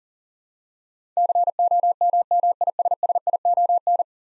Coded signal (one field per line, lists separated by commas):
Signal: Morse code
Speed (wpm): 41 wpm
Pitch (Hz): 700 Hz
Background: none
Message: COMMISSION